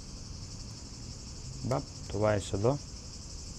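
A Xiaomi Mi Band 4 fitness band capsule is lined up in its plastic charging cradle, ready to be snapped in. Someone talks in short bursts around 1.7 s and from about 2.2 to 2.7 s over a steady high-pitched hiss. Nothing has seated or clicked yet.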